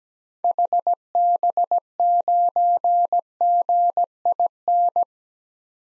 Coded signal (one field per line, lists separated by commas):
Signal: Morse code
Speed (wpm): 17 wpm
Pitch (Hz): 700 Hz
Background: none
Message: HB9GIN